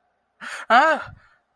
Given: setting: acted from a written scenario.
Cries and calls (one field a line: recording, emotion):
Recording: vocal sound without words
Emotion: positive surprise